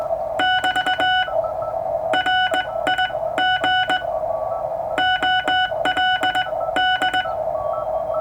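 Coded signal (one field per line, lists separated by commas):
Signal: Morse code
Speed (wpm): 19 wpm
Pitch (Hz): 1480 Hz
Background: none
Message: <BT> RIG OLD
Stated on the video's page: Straight Key Night QSO sent on a German Junker straight key with a 1977 Ten-Tec Century/21 CW-only Novice rig at 15 watts.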